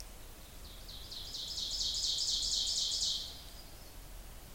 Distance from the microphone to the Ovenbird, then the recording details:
about 40 m. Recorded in boreal forest in Alberta, Canada, on 26 May 2016 at 06:58. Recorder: SongMeter 3, array SBT-3-15. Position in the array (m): 41 m, 279 m. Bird 20